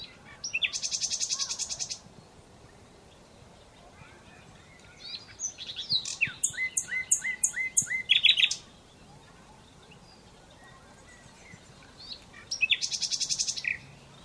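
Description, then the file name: Common Nightingale song with a dense buzzy trill, a phrase of sharp repeated notes rising to a loud burst, then another buzzy trill after a silence. "Luscinia megarhynchos"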